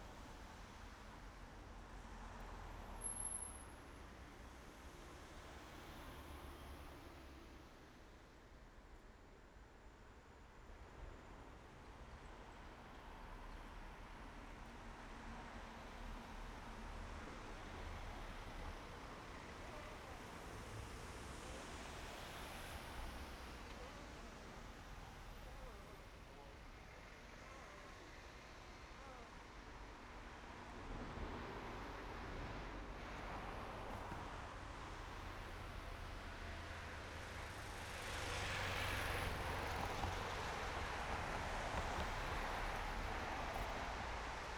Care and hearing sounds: everyday scene through a hearing-aid microphone; in traffic; traffic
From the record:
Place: main road on the outskirts, rush hour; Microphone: behind the ear, right, front

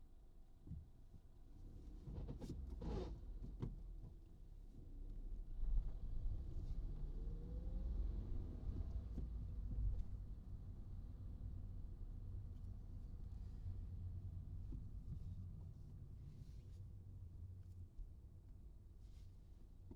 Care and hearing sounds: everyday scene through a hearing-aid microphone; in a vehicle; engine, traffic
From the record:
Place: Skoda Fabia, gasoline engine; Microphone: in the ear canal, right

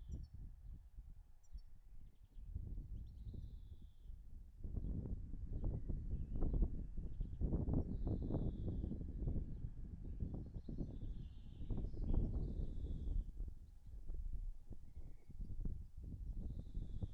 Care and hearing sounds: everyday scene through a hearing-aid microphone; wind on the microphone; wind, birds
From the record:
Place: in front of a rural house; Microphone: behind the ear, right, rear

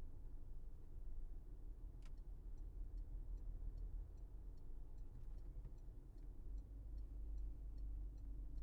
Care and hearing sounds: everyday scene through a hearing-aid microphone; in a vehicle; engine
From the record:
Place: Berlingo II, diesel engine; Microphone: behind the ear, left, front

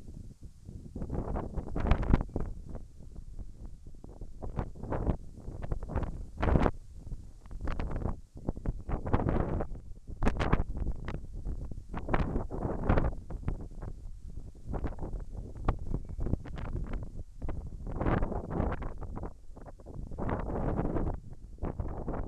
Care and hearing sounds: everyday scene through a hearing-aid microphone; wind on the microphone; wind, whistling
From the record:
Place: in front of a rural house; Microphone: behind the ear, right, front

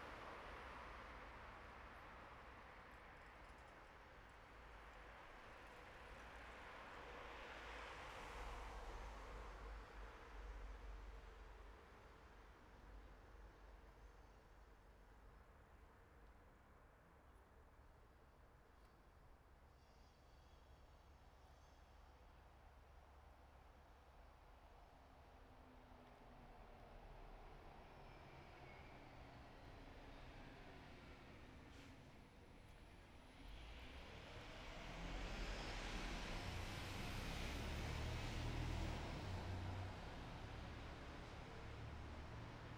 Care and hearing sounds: everyday scene through a hearing-aid microphone; in traffic; traffic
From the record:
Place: bus stop on a city main road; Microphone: behind the ear, right, front

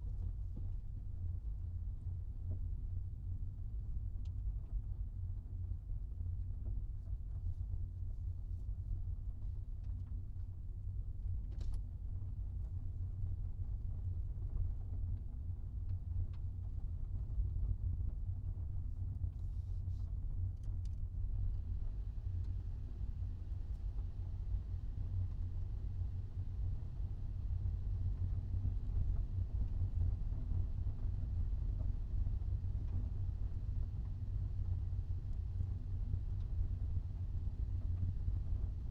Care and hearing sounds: everyday scene through a hearing-aid microphone; in a vehicle; engine, rumble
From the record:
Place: Skoda Fabia, gasoline engine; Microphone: in the ear canal, right

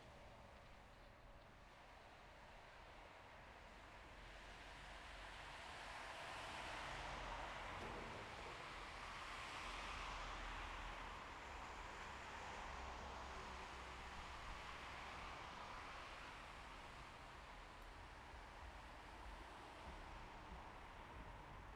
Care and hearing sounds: everyday scene through a hearing-aid microphone; in traffic; traffic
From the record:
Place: bus stop on a city main road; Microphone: behind the ear, left, rear

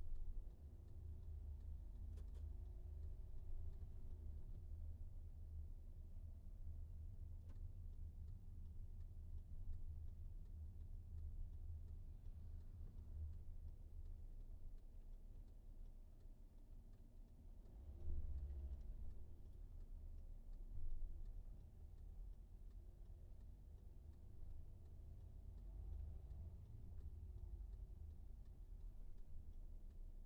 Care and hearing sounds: everyday scene through a hearing-aid microphone; in a vehicle; engine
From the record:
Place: VW T5 Caravelle, diesel engine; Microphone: behind the ear, right, front

